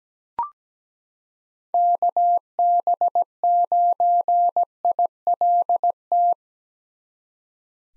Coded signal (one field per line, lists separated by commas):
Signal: Morse code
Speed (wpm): 17 wpm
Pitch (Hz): 700 Hz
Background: none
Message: KB9ILT